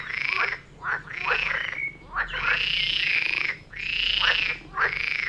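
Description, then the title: Frog chorus of long, arching croaks repeated in waves, with shorter clucks between them. Frog chorus recorded near Vellerner Brook in Neubeckum at 2pm; binaural recording meant for headphones. "Frog concert near Vellerner Brook in Neubeckum - 2pm - binaural version"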